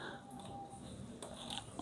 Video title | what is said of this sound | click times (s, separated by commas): Cara Manipulasi Ecu Motor Honda Pakai Kabel - Tarikan enteng Terbukti Berhasil | lalu kita pasang lagi soketnya Sampai bunyi klik ya | 1.6 s